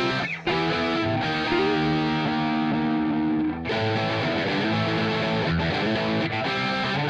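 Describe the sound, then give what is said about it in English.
Loud, dense music drenched in heavy echo and distortion, with sustained layered tones smearing together. It plays continuously, broken only by two brief dips in the sound. “This has got too much echo.”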